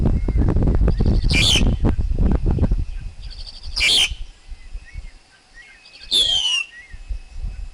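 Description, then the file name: Black-collared Starling song: harsh bursts near the start and middle, then a clear falling whistle with a rising undertone, over a low rumbling noise during the first three seconds. Wild forest bird's song, used for teaching young birds to sing. "Tieng chim ca cuong rung tap chim con hot"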